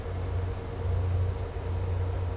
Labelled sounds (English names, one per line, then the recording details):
none
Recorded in dense forest near Puerto Asís, Putumayo, Colombia, on 9 March 2025 at 10:30
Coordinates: 0.468, -76.322
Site GP01